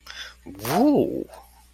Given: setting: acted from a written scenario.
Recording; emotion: vocal sound without words; interest